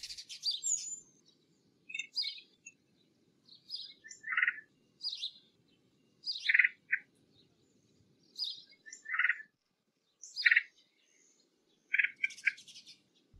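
Red-headed woodpecker repeating short harsh, grating calls at irregular intervals, mixed with higher chirps and notes.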